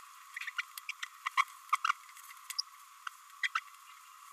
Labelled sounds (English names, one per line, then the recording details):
Green-rumped Parrotlet babbling
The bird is a female
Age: 27 days
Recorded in a nest box in Venezuela
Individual 17B32A5